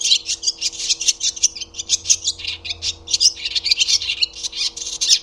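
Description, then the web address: Barn swallow calls, rapid scratchy chirps packed closely together in a lively chatter, with a low constant hum in the background. "Deverinetal 2025 Bird Only Hi Ru"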